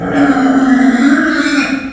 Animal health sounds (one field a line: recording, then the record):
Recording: squeal of a Yucatan mini pig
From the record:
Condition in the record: after surgery on the right vocal fold (resection and tissue-engineered implant)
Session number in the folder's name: 4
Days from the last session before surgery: 26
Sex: female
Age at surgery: 19 weeks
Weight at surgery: 25 kg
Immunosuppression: prednisolone